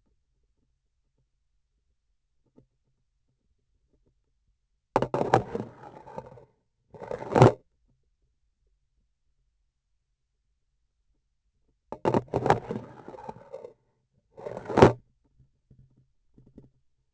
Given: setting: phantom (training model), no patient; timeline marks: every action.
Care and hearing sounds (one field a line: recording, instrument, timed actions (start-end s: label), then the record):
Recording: laparoscopic instrument, vibration sensor on the handle end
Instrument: grasping forceps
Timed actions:
4.88-6.69 s: insertion through the trocar
6.92-7.68 s: removal through the trocar
11.85-13.79 s: insertion through the trocar
14.32-15.09 s: removal through the trocar
From the record:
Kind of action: spatial motion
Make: other than Olympus